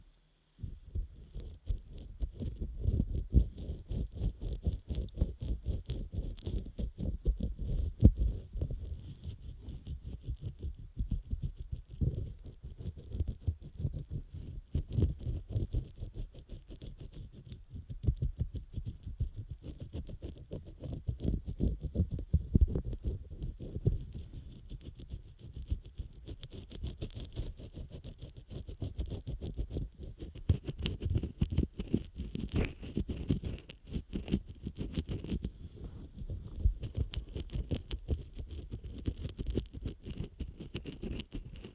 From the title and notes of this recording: ASMR Scrub Ear Massage & Moisturizing Care Rubbing, Stroking, Cleansing, Tapping (No Talking).